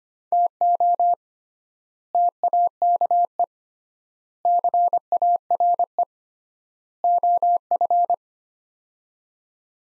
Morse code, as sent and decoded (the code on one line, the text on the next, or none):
- --- / - .- -.- . / -.-. .- .-. . / --- ..-.
TO TAKE CARE OF